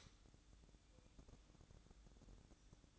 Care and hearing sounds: daily activity, microphone in the room; light on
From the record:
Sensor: 3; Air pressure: 1007.9 hPa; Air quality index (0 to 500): 98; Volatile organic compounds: 1 ppm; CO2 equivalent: 824 ppm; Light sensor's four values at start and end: 9/21/9/8 and 17/47/20/17

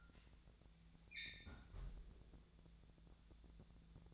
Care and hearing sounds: daily activity, microphone in the room; close fridge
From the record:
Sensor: 3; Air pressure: 1000.0 hPa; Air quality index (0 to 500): 132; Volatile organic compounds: 2 ppm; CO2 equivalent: 1180 ppm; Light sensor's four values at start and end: 43/110/47/51 and 43/110/47/51

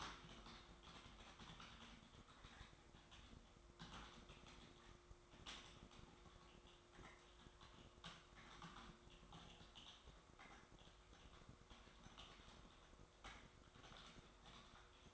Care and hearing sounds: daily activity, microphone in the room; typing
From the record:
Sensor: 3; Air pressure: 1004.4 hPa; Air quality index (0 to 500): 196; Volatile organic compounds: 14 ppm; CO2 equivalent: 2455 ppm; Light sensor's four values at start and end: 6/16/6/6 and 6/16/5/6

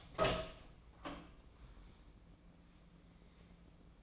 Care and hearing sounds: daily activity, microphone in the room; open door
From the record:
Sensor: 1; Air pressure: 1012.4 hPa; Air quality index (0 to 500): 166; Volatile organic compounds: 3 ppm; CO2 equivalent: 1359 ppm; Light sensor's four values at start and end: 699/1617/723/866 and 704/1628/728/873

